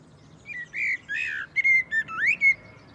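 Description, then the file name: Common blackbird song, smooth whistled notes with a sweeping upslurred note near the end. "Turdus merula"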